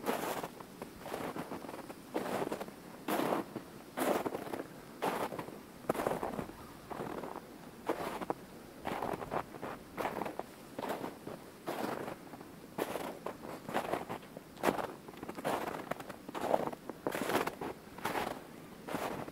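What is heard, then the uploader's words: Footsteps crunch through snow at a steady walking pace, each step a short, dry, crackling burst roughly every half second to second. The steps sound fairly bright, with a faint low rumble of wind or traffic underneath throughout. Walking in Snow. Take a walk through the snow covered woodlands of Pennsylvania. This was recorded with binaural in-ear microphones.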